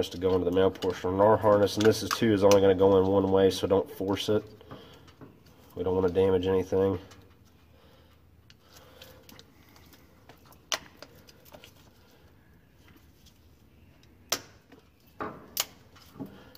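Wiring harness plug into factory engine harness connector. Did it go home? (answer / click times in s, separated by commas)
yes / 10.7 s, 14.3 s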